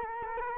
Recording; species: mosquito wingbeat signal from an infrared sensor; Culex quinquefasciatus